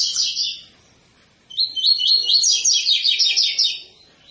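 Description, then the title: Double-collared seedeater song: a short twitter, a pause, then a sustained run of rapid, rolling repeated high notes. Tui-tui song type; tutor (professor) recording for teaching young birds the song. "COLEIRO TUI TUI FIBRA CANTO PROFESSOR"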